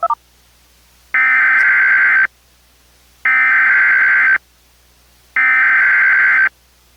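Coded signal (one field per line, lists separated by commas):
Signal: Emergency Alert System (SAME) tones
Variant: header bursts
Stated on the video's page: Recreated mock of a tornado warning with valid tones, relayed as from a WideOpenWest cable unit.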